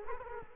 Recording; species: mosquito wingbeat signal from an infrared sensor; Culex quinquefasciatus